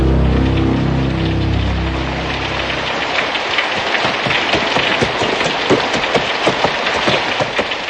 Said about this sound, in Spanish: No había otros ruidos que el del carruaje y el de la incesante lluvia.